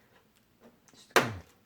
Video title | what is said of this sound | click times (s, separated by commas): Can a Budget Raidmax Viper GX case meets your needs? Lets find out! | kind of cool and it just has a little thing just to kinda hold it in place which clicks | 1.2 s